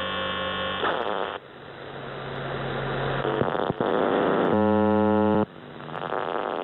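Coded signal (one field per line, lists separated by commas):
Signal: channel marker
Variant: UVB-76 (The Buzzer)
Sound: two harsh low buzzes about one second long separated by radio hiss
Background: radio static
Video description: "The Buzzer" is a Russian military radiostation that broadcasts on 4625 kHz.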